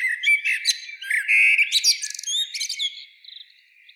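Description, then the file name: Common blackbird giving a rapid run of squeaky, twittering notes, busiest in the first three seconds, then fading to a faint thin tone. "Turdus merula"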